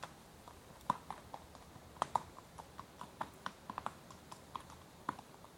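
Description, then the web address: Horse hoof clops, soft and spaced unevenly, a few sharper knocks among quieter steps over a low background hiss. Horse walking; some wind noise in the recording. "BBC Horses Walking"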